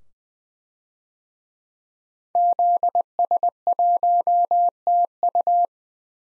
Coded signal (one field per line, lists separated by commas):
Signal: Morse code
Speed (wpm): 20 wpm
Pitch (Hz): 700 Hz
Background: none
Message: ZS1TU